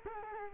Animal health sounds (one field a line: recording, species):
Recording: mosquito wingbeat signal from an infrared sensor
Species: Culex quinquefasciatus